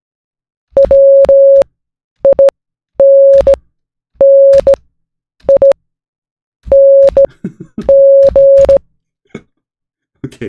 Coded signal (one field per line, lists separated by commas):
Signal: Morse code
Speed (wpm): 16 wpm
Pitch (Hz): 550 Hz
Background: none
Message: WINNING